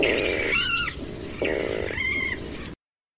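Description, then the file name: Water rail giving two harsh, squealing calls with pinched, wavering harmonics, separated by a short gap over a steady hiss. "Rallus aquaticus sequence"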